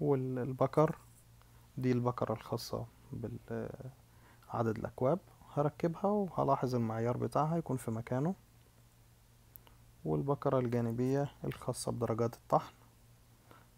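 A plastic cup-count dial knob is pressed back onto its shaft while reassembling a De'Longhi coffee grinder, with its indicator mark lined up. Someone talks, then there is a pause in which two sharp short clicks are heard at 9.6 s and 9.7 s as the knob seats. Talk resumes afterward.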